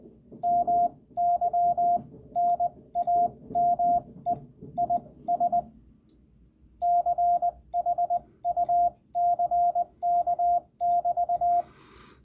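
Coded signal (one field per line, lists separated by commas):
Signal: Morse code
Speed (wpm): 20 wpm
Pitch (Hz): 700 Hz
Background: radio noise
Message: MY NAME IS CHUCK <BT>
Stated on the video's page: Rag-chew CW.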